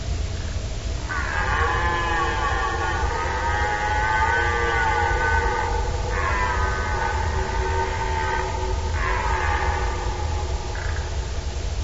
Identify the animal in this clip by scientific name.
Cervus elaphus